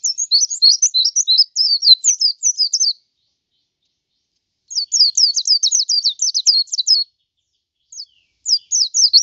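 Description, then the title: White-eye song made of fast strings of high, sharp, slurred notes in two long phrases and a shorter third, separated by quiet pauses. "Suara burung pleci"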